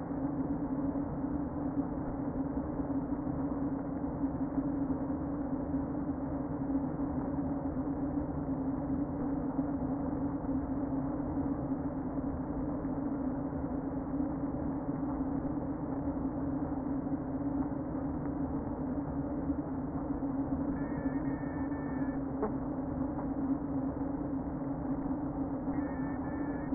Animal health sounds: honeybee colony, microphone inside the hive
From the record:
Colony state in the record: queen present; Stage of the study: before two queens were removed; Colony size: about 60,000 bees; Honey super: yes

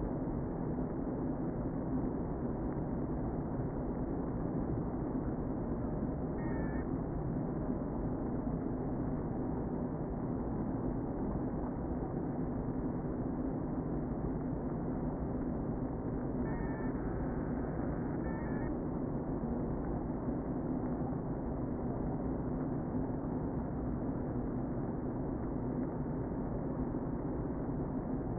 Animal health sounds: honeybee colony, microphone inside the hive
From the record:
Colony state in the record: queen present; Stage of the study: before two queens were removed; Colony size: about 60,000 bees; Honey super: yes

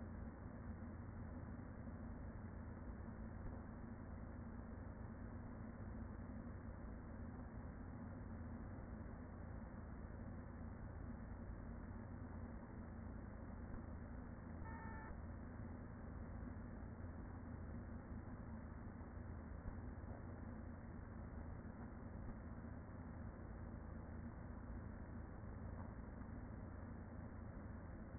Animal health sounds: honeybee colony, microphone inside the hive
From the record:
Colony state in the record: queen present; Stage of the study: after two queens were removed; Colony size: about 40,000 bees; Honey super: no

